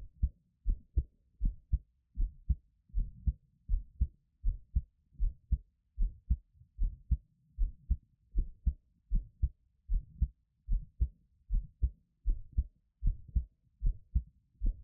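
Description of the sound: Regular low lub-dub thumps at about 77 a minute: a steady, normal adult heartbeat heard up close, offered as a Taiwanese ASMR heartbeat with no talking.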